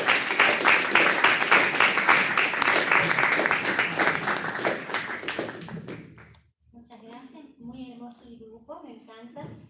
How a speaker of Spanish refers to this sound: Así que bueno, si les parece, la recibimos con un muy fuerte aplauso a la hermana.